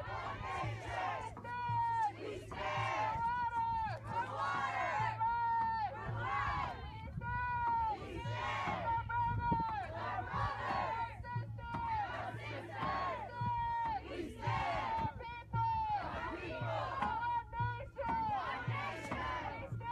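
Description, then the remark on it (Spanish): A crowd of protesters from various indigenous peoples at a sit-in defending their territory, with many banners, police and helicopters around, chants in unison: loud rhythmic bursts of many voices repeating steadily over a constant low hum, with no pauses for the full stretch. “también vemos allá la fuerza pública y helicópteros merodeando ya pues este plantón. Y bueno, pues vemos ahí bastantes mantas, bastantes compañeros de distintas etnias, pueblos indígenas.”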